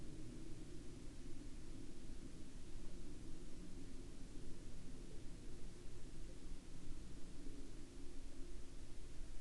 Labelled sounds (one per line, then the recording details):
man-made sound
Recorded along the Dalton Highway, Alaska, on 16 October 2019 at 04:02
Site 07